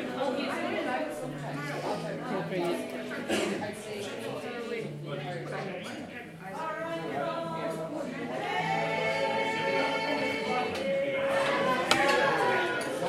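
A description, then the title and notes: Voices join in an Irish sing-along, a dense, steady blend of many people singing held notes over talk and murmur. A low repeating note steps along underneath. The level dips briefly around six seconds, and a sharp knock cuts through near twelve. Irish Sing Along at Tigh Ruairi, Inis Oirr, Ireland.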